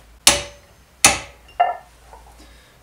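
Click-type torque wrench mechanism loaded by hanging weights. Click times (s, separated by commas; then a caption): 0.3 s. A click-type torque wrench set to 40 Nm is clamped horizontally while weights hung 40 cm out are slowly released onto it, and it gives a sharp click at 0.3 s. A second similar sharp sound follows at 1.0 s and a softer one near 1.6 s. The wrench clicked at a load where no click was expected, which is not a good result.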